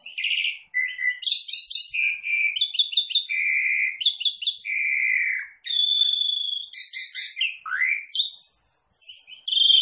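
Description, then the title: Javan pied starling delivering a busy string of squeaky chirps, trilled phrases and buzzy drawn-out notes, easing off briefly near the end before resuming. Lure recording meant to make the bird start calling right away. "Pancingan Jalak Suren Langsung Bunyi"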